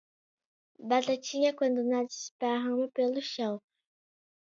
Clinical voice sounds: short text; Brazilian Portuguese; female; 30 to 39 years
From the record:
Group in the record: control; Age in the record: 37 years

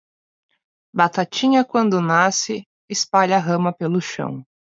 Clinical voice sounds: short text; Brazilian Portuguese; female; 30 to 39 years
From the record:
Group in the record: control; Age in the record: 30 years

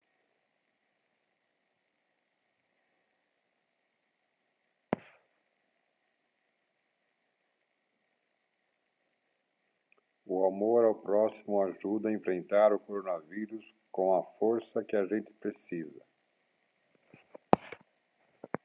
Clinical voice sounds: spoken sentence; Brazilian Portuguese; male; 60 to 69 years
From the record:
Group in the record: control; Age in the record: 62 years

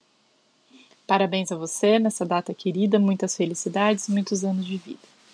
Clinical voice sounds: short text; Brazilian Portuguese; female; 30 to 39 years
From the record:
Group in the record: control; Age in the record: 32 years

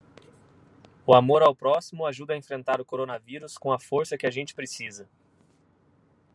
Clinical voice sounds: spoken sentence; Brazilian Portuguese; male; 30 to 39 years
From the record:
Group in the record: control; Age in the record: 39 years

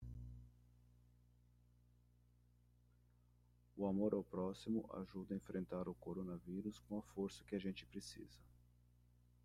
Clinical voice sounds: spoken sentence; Brazilian Portuguese; male; 40 to 49 years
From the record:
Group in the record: control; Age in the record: 46 years

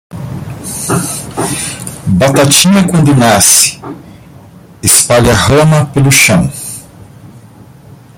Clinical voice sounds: short text; Brazilian Portuguese; male; 50 to 59 years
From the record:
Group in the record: control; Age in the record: 59 years

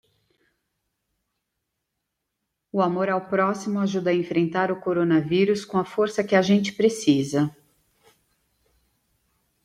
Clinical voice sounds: spoken sentence; Brazilian Portuguese; female; 40 to 49 years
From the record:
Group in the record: control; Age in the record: 42 years

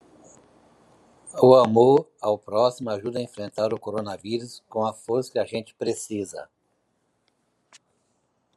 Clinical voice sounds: spoken sentence; Brazilian Portuguese; male; 50 to 59 years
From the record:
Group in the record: control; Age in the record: 59 years

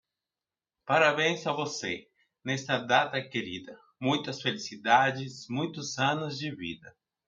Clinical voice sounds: short text; Brazilian Portuguese; male; 40 to 49 years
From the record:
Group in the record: control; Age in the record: 43 years

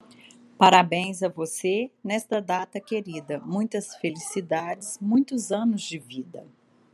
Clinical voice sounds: short text; Brazilian Portuguese; female; 50 to 59 years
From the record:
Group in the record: control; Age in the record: 52 years

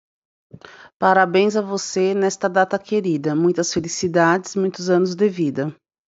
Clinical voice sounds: short text; Brazilian Portuguese; female; 40 to 49 years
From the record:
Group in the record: control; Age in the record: 42 years

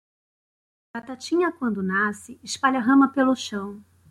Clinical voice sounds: short text; Brazilian Portuguese; female; 40 to 49 years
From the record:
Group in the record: control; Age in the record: 46 years

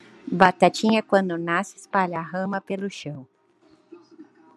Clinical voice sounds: short text; Brazilian Portuguese; female; 40 to 49 years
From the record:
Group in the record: control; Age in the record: 48 years

